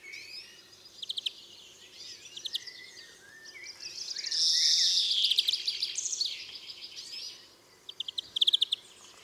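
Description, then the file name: European greenfinch twittering in quick high trilled bursts, with one longer buzzy wheezing stretch in the middle and a short bright trill near the end; faint steady background hiss. "Chloris chloris"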